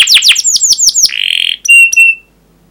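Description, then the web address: Canary song with a series of quick downward-sweeping chirps, then a dense buzzy roll and two short pure whistled notes before falling silent. Long 'pancingan' style canary song. "kenari pancingan panjang. masteran kenari"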